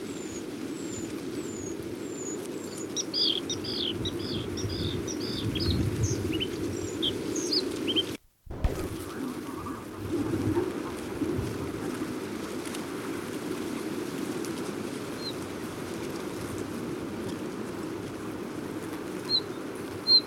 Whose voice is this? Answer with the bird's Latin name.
Luscinia svecica